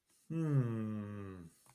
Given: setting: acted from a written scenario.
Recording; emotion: vocal sound without words; serenity